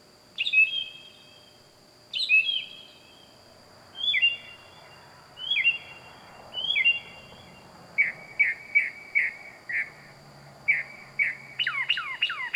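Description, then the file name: Bird calls, whistled sliding phrases repeated at intervals, then faster repeated chirps and steep descending notes near the end, over a steady high tone and faint low rumble. Loud bird calling at night, wild. "Loud Night Bird Animals Wild"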